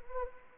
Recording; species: mosquito wingbeat signal from an infrared sensor; Anopheles arabiensis